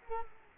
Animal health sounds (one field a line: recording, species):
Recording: mosquito wingbeat signal from an infrared sensor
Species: Culex quinquefasciatus